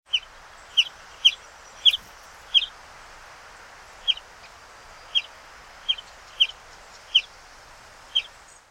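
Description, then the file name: European greenfinch calls: short, sharp high chips given singly, about eleven notes at irregular intervals over a faint steady background hiss. "Chloris chloris"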